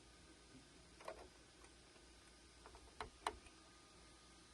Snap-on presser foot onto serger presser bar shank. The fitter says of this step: are you in there we go there we go click you should hear a click all right